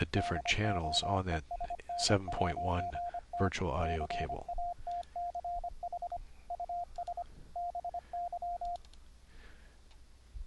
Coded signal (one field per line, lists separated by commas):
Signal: Morse code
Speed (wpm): 25 wpm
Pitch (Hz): 700 Hz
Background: speech, radio noise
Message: DOESN'T CATCH US BY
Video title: Morse Code QSO over the internet - software setup - config 4 - EhoCW, Reaper, CW REGENERATION